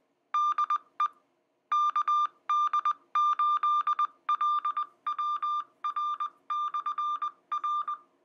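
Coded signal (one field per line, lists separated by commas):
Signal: Morse code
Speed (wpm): 20 wpm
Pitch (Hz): 1200 Hz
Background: music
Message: DE KD8LWR/R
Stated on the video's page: Received over a simplex repeater system.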